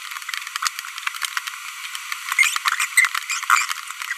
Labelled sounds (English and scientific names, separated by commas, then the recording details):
Green-rumped Parrotlet (Forpus passerinus) babbling
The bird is a female
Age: 25 days
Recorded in a nest box in Venezuela
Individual 17B42B1